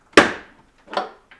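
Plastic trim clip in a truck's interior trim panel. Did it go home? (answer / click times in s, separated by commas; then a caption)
released / 0.2 s. A screwdriver is worked under a plastic trim piece in the corner of a 2nd Gen Raptor truck's interior trim panel to pop its retaining clip free and reach the bolt underneath. A sharp, loud pop at 0.2 s marks the clip releasing, followed by a softer knock near 1.0 s and a faint tap near 1.3 s. The clip comes loose.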